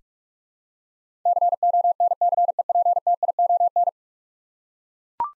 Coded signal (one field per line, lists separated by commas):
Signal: Morse code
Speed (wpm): 41 wpm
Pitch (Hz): 700 Hz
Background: none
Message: CONCEPTION